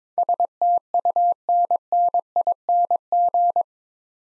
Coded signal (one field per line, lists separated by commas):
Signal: Morse code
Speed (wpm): 22 wpm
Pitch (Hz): 700 Hz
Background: none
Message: STUNNING